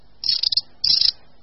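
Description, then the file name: Long-tailed tit calls: two quick high rattling bursts in quick succession, sharp and dry. "Mlynařík-dlouhoocasý"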